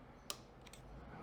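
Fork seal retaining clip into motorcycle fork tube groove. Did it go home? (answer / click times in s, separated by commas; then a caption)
yes / 0.3 s. The other side of a metal fork seal retaining clip is pushed into its groove in a 2007 Kawasaki KLX250S motorcycle fork tube, taking care not to pop the fork seal out. A sharp, bright click at 0.3 s marks the clip snapping into place, followed by two fainter ticks around 0.7 s. The clip is seated.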